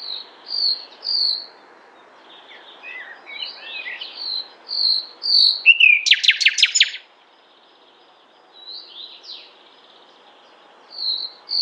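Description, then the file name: Common nightingale song with spaced whistled notes and chirps, a loud buzzy rattle in the middle, then quieter scattered phrases after a pause. "Luscinia megarhynchos"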